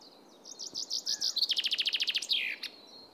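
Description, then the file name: Common chaffinch singing a brisk phrase, opening with spaced sharp notes, accelerating into a rapid rattle and finishing with a downward-slurred terminal flourish. "Fringilla coelebs"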